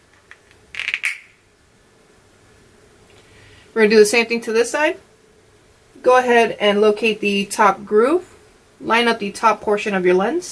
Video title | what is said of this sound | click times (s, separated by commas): Learn to Restore your Oakley Catalyst Sunglasses - How to Replace your Old Lenses - Seek Optics | should hear a popping sound again we're | 1.1 s